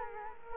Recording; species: mosquito wingbeat signal from an infrared sensor; Culex quinquefasciatus